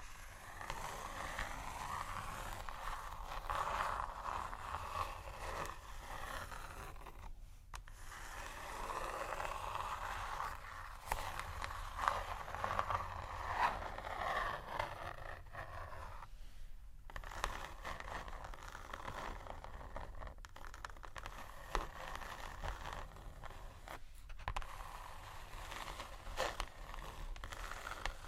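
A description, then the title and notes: Slow, soft scratching continues for the whole clip, a steady rough rasp centered in the low-middle range with a fainter hiss above. The strokes come in long passes, broken by brief near-silent pauses around 7, 16–17 and 24 seconds. Slow, Deep & Soft Scratching (No Talking).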